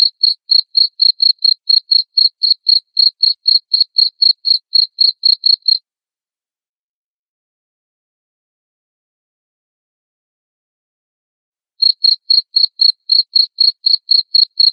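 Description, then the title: Cricket chirping: clean, high-pitched pulses about four per second for six seconds, then silence, then the same steady chirping resumes near the end. Loud chirping of a cricket, played to stimulate lovebirds into continuous singing. "Suara JANGKRIK NGERIK Keras Bikin LOVEBIRD Jadi NGEKEK Terus Vubey"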